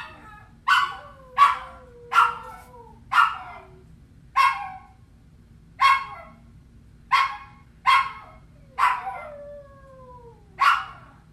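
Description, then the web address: Hunting dog barking in sharp single barks roughly once a second, a few followed by a drawn-out falling whine. "liangi quanno feie sheng"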